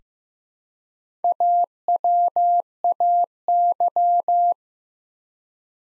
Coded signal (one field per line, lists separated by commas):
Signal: Morse code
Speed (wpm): 15 wpm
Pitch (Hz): 700 Hz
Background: none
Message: AWAY